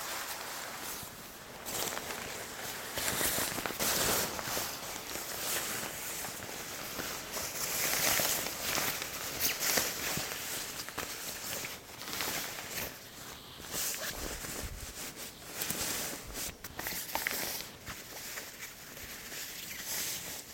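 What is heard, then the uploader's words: Fabric rustles almost without pause, a dense, crisp, bright crackle that swells and eases over the 21 seconds. Sharp little clicks and snips, likely scissors, pop out irregularly, with a brief quieter patch around 12 to 13 seconds before the rustling picks up again. Insanely Stimulating Eyebrow & Beard Measuring, Trimming, Massage.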